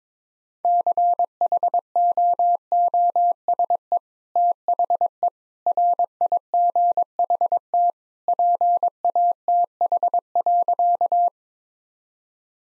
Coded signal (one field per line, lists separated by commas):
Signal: Morse code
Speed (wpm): 22 wpm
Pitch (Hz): 700 Hz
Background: none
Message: CHOOSE THE RIGHT PATH.